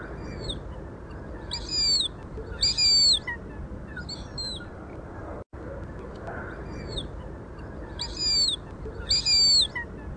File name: Albanella reale